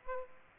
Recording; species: mosquito wingbeat signal from an infrared sensor; Aedes aegypti